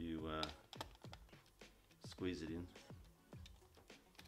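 A battery holder is being squeezed into the bottom of a Canon A1 camera motor drive while someone talks. Short, sharp handling taps and knocks are heard. Nothing has seated or clicked into place yet.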